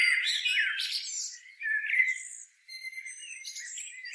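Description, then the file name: Common blackbird singing a brief, varied phrase of mellow notes and higher squeaks, with a thin steady tone and a short gap midway. "Turdus merula"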